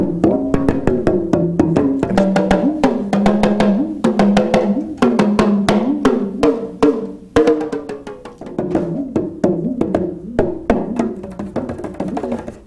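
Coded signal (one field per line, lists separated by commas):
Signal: talking drum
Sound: rapid hand drum strokes with a low tone that bends up and down in pitch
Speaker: well this is a talking drum and basically um I I won't put it up here cuz I got my mic up here but you [Music] can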